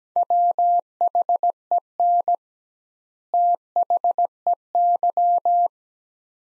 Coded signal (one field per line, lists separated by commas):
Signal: Morse code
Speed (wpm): 17 wpm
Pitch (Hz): 700 Hz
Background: none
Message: WHEN THEY